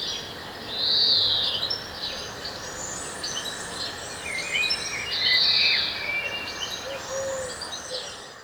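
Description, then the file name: European greenfinch call: two strained, buzzy notes roughly four seconds apart, amid a busy chorus of thin chirps from other birds. "Chloris chloris"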